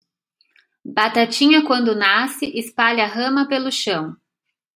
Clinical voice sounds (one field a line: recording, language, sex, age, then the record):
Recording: short text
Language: Brazilian Portuguese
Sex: female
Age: 50 to 59 years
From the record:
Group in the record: control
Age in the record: 57 years